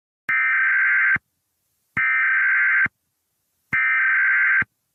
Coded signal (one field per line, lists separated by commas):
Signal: Emergency Alert System (SAME) tones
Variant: header bursts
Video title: EAS Scenario #26 The Malfunctioning Process